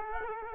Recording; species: mosquito wingbeat signal from an infrared sensor; Culex quinquefasciatus